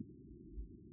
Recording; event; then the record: neck accelerometer signal played as sound; no cough (speech, laughter, throat clearing or background)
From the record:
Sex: female